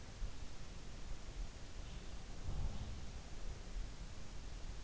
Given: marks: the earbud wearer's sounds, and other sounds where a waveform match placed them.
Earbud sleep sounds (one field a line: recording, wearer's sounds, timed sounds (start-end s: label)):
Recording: sounds in sleep by an in-ear microphone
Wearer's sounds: breath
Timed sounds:
1.96-3.83 s: breath